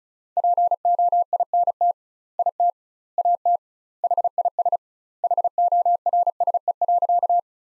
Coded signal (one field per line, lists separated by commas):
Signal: Morse code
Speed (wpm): 34 wpm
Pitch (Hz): 700 Hz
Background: none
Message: POINT IT AT HIS HORSE.